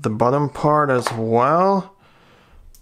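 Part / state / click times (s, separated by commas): watch band into smartwatch case slot / seated / 2.8 s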